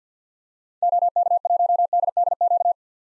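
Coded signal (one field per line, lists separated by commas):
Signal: Morse code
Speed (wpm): 47 wpm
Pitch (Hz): 700 Hz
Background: none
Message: OK1DDQ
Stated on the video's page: Head-copy drill of common SOTA activator call signs at 50 wpm, each sent in Morse, spoken, then sent again.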